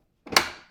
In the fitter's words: And this just pops right into place like that.